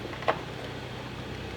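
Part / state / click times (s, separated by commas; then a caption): whip light wiring connector into pigtail connector / not seated / none. A plastic whip light wiring connector is handled and pushed toward its pigtail connector on a Can-Am Maverick X3, with one brief tap near 0.3 s over a steady low hum. Nothing has seated or clicked yet.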